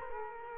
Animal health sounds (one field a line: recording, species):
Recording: mosquito wingbeat signal from an infrared sensor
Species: Culex quinquefasciatus